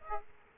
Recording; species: mosquito wingbeat signal from an infrared sensor; Aedes aegypti